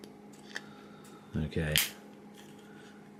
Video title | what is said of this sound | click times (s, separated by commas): DeAgostini Build Your Own R2D2 Issues 55 and 56 - Another Long One | that made a nice clicking sound and there you go | 0.6 s